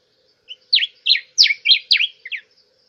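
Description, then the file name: Diuca finch song: a quick series of whistled, slurred notes, the first and last ones softer. "Canto da diuca"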